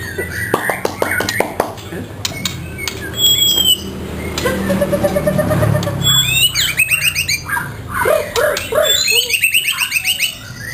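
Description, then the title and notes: White-rumped shama song: sharp clicks at first, then a run of varied rising and falling whistled notes and rapid slurred phrases. Song of the bird, offered for training caged birds (masteran). "Suara Kicau Burung Murai Batu. burung murai buat masteran"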